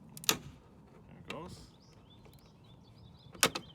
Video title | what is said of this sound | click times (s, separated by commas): Tundra Mirror cap replacement | hear it pop and then you | 0.3 s, 3.4 s